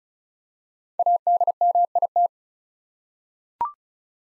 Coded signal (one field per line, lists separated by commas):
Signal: Morse code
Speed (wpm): 36 wpm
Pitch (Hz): 700 Hz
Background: none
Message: ADMIT